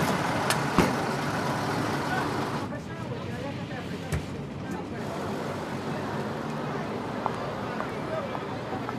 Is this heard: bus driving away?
yes